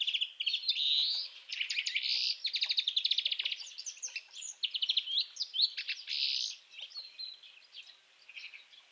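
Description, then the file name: European greenfinch twittering song, a dense run of fast trills and chirpy notes. "Chloris chloris"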